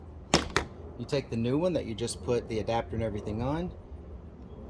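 Two sharp clicks at 0.4 s and 0.6 s come as the release button on top of the old windshield wiper blade of a 2012 Chevy Volt is pressed and the blade slides out of the wiper arm. Someone then talks. The blade is released from the arm.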